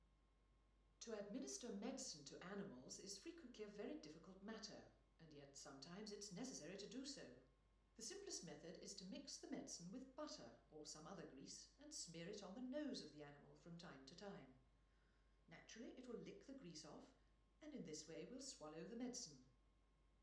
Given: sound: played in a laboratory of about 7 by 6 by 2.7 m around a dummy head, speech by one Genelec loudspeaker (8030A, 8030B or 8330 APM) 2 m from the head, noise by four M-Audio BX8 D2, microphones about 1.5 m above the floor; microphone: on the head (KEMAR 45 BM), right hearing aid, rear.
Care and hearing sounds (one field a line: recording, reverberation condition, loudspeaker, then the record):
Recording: female speech in English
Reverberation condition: medium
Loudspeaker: 150 degrees to the right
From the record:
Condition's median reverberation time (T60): about 510 ms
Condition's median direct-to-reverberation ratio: about -0.5 dB